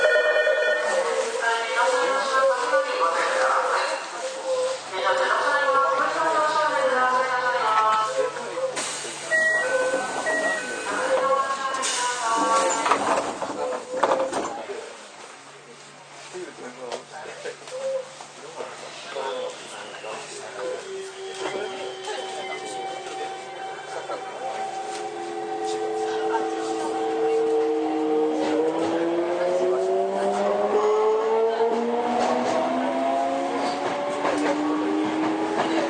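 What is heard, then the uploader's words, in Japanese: Inside a subway train: a recorded announcement and chime play over a steady low hum, then fade around the fifteen-second mark. From about twenty seconds the motors start a rising, whining tone that climbs in steps as the train accelerates. 都営5300形 押上ー五反田。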